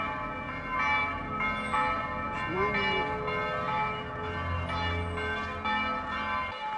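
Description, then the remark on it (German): Church bells ring out continuously, their overlapping tones forming a dense, sustained metallic peal with rich ringing overtones that fills the whole clip at steady volume. “Meine ich das nur oder klingt das Geläut der Kirche anders als sonst?”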